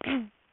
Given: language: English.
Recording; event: throat vibration sensor signal played as sound; throat clearing